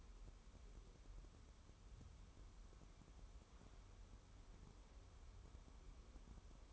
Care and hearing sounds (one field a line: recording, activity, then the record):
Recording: daily activity, microphone in the room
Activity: wipe stove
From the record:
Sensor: 1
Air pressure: 1015.1 hPa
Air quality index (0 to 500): 43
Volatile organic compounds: 1 ppm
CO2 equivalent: 608 ppm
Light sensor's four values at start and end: 13/32/13/14 and 13/32/13/14